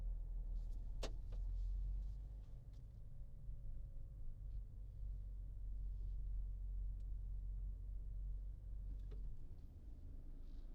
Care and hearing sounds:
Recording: everyday scene through a hearing-aid microphone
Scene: in a vehicle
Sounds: engine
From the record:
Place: Berlingo II, diesel engine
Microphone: in the ear canal, left

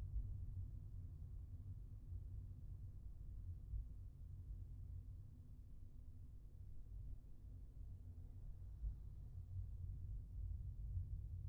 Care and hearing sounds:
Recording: everyday scene through a hearing-aid microphone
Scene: in a vehicle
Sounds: engine, traffic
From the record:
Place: Skoda Fabia, gasoline engine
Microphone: behind the ear, left, front

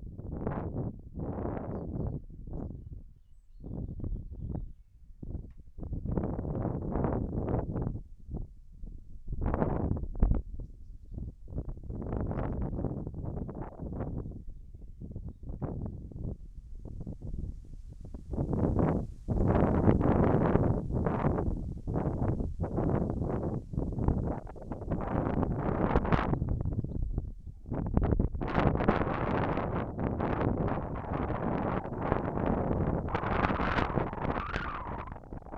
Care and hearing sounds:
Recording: everyday scene through a hearing-aid microphone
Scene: wind on the microphone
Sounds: wind, whistling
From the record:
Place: in front of a rural house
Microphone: behind the ear, left, rear

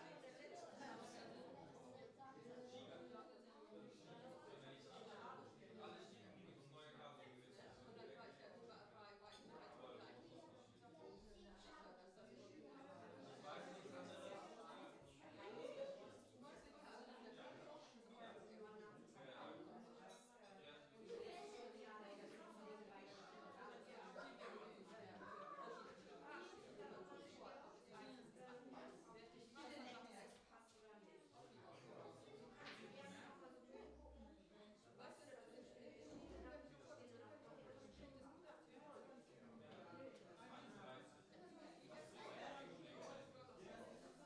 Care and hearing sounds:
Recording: everyday scene through a hearing-aid microphone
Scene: many people talking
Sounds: many voices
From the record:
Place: parish hall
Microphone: in the ear canal, left

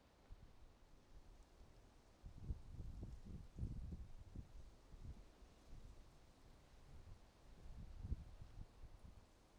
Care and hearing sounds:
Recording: everyday scene through a hearing-aid microphone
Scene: wind on the microphone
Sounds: wind, traffic, birds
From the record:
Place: suburban garden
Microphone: in the ear canal, right

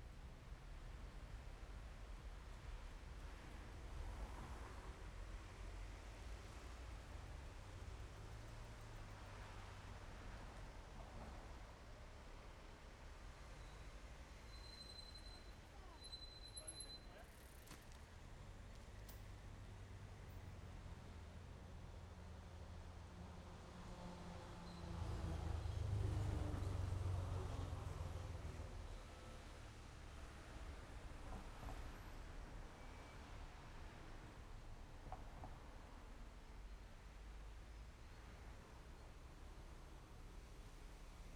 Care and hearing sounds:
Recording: everyday scene through a hearing-aid microphone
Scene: in traffic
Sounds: traffic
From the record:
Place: main road on the outskirts, rush hour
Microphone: behind the ear, left, rear

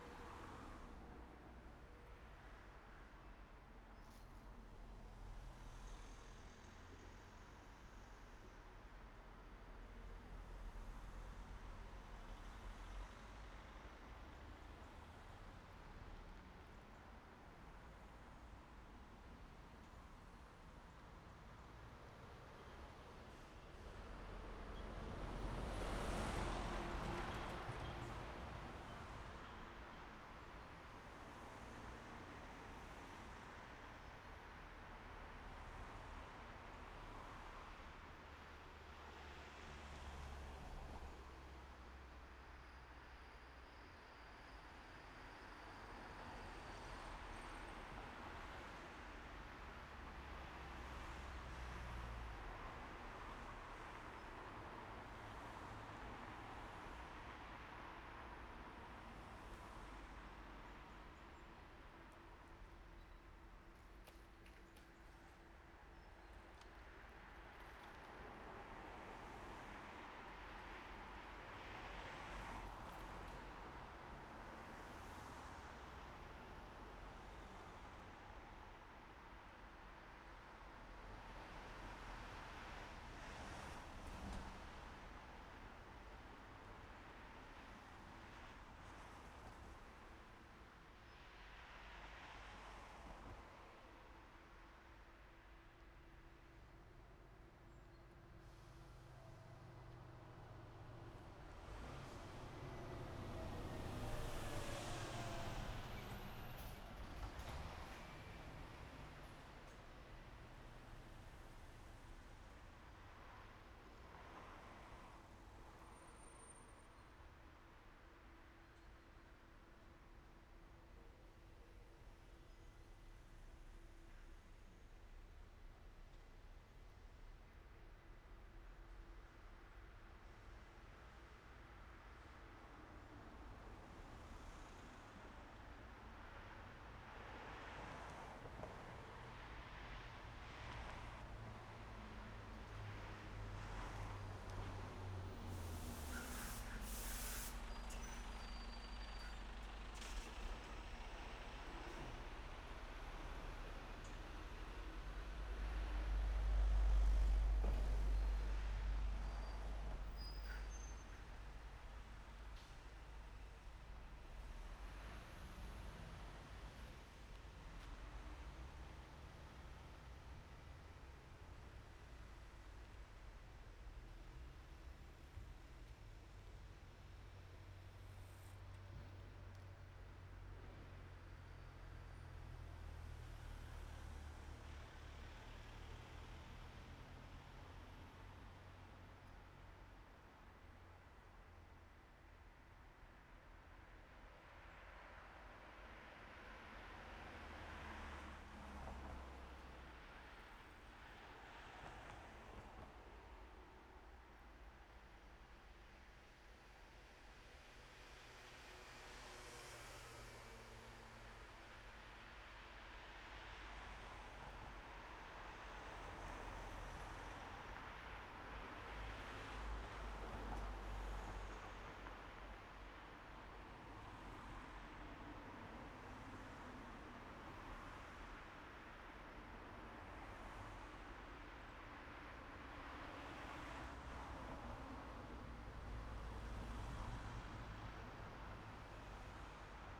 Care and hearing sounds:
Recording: everyday scene through a hearing-aid microphone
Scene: in traffic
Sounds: traffic, machine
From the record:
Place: main road on the outskirts, rush hour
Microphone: behind the ear, right, front

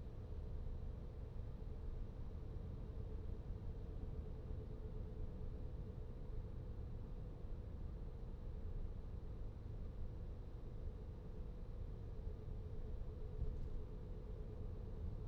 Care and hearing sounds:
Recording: everyday scene through a hearing-aid microphone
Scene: in a vehicle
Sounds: engine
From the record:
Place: VW T5 Caravelle, diesel engine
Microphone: in the ear canal, right

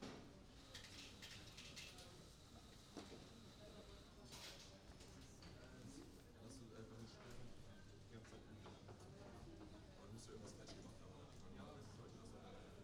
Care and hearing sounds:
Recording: everyday scene through a hearing-aid microphone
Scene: many people talking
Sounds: many voices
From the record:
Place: university cafeteria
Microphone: in the ear canal, right

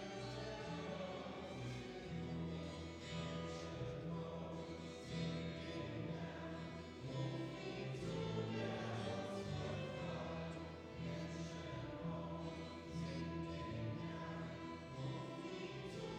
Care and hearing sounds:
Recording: everyday scene through a hearing-aid microphone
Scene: reverberant space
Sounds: music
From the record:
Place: church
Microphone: in the ear canal, left

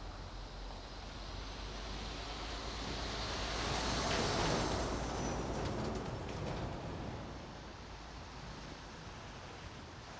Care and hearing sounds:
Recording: everyday scene through a hearing-aid microphone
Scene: in traffic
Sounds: traffic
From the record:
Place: main road on the outskirts, rush hour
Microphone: in the ear canal, right

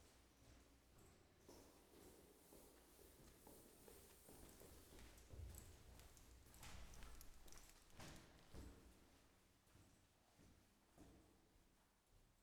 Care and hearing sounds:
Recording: everyday scene through a hearing-aid microphone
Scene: reverberant space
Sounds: background noise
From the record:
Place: staircase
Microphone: behind the ear, left, front

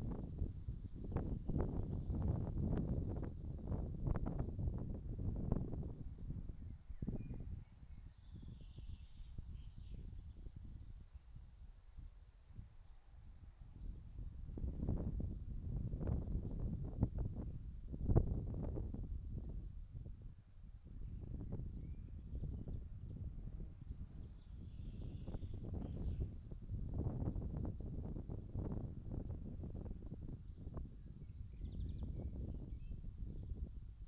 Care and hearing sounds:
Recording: everyday scene through a hearing-aid microphone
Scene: wind on the microphone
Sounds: wind, birds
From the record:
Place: in front of a rural house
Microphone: in the ear canal, left

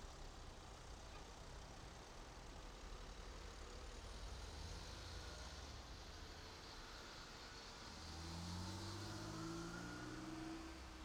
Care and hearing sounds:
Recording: everyday scene through a hearing-aid microphone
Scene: in traffic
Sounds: traffic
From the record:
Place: main road on the outskirts, rush hour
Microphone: in the ear canal, right

